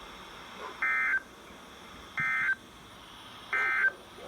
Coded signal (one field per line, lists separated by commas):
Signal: Emergency Alert System (SAME) tones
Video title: Sterling tested early! EAS# 327- 329 10/14/20